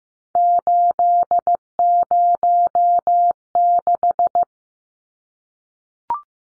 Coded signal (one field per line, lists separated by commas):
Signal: Morse code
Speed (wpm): 15 wpm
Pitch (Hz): 700 Hz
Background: none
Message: 806